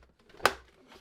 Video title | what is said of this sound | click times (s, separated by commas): Tineco Pure ONE Station 5 Review: Powerful and Hassle-Free Cleaning | just like so that just snapped right in so yours should look like this | 0.5 s